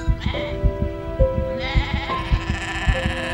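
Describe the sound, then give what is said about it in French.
A herd of goats bleating not far away, several wavering, nasal calls overlapping one after another, with a steady low thumping pulse running beneath throughout. “Et puis, tout à coup, il aperçoit pas très loin de lui un troupeau de chèvres.”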